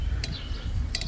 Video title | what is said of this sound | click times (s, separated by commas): Comparing Windshield Wiper Designs of Ford Fusion VS Subaru Forester + 20 Fusion Hybrid SE Problems | and then you hear a little click, | 0.2 s, 1.0 s